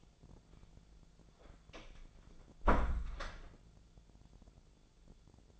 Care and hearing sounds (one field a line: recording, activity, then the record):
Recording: daily activity, microphone in the room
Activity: close door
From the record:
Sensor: 5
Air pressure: 1000.5 hPa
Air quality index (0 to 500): 148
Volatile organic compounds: 2 ppm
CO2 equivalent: 1148 ppm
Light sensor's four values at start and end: 49/114/47/50 and 49/114/47/51